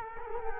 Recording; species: mosquito wingbeat signal from an infrared sensor; Culex quinquefasciatus